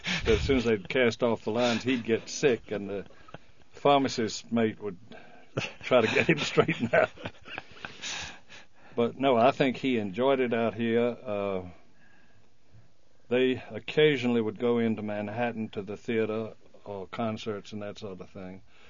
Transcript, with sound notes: As soon as they cast off the lines he'd get sick, and the pharmacist mate would try to get him straightened out. (they laugh) But, no, I think he enjoyed it out here. They occasionally would go into Manhattan to the theatre or concerts and that sort of a thing,